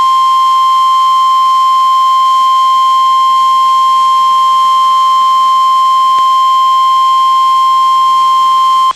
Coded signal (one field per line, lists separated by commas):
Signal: Emergency Alert System (SAME) tones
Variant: 1050 Hz attention tone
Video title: Real NOAA Weather Radio EAS Alert #182